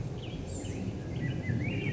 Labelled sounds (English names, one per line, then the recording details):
Blue-gray Gnatcatcher
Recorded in Sonoma County, California